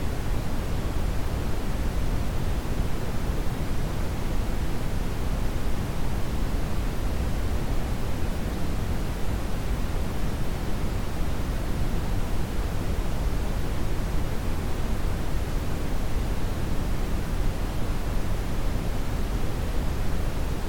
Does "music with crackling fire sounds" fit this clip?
no